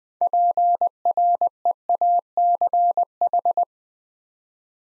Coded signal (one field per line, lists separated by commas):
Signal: Morse code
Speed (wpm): 20 wpm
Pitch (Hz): 700 Hz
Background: none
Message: PREACH